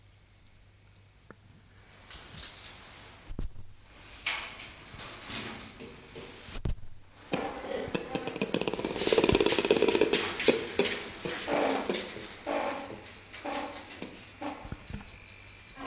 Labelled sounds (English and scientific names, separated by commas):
Ring-tailed Lemur (Lemur catta) call